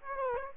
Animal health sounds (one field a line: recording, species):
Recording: mosquito wingbeat signal from an infrared sensor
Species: Aedes aegypti